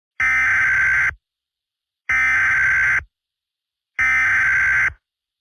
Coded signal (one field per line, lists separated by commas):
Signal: Emergency Alert System (SAME) tones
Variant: header bursts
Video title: KANSAS KHAOS: an EAS scenario